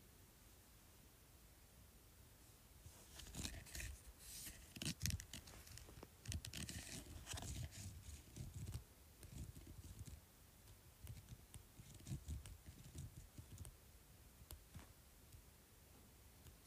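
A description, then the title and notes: Scratching on a bumpy surface in irregular, dense bursts of rough, bright scraping from about three to fifteen seconds, quieter hiss before and after. Scratching Bumpy Surface.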